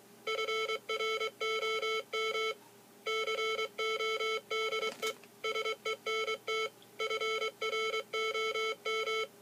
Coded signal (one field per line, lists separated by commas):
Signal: Morse code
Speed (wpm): 23 wpm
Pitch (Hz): 440 Hz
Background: music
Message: FROM CODE SENT FROM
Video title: Morse code reader